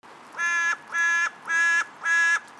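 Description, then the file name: Carrion crow calling: four harsh, evenly spaced caws, each about a third of a second long, with faint background hiss. "Corvus corone"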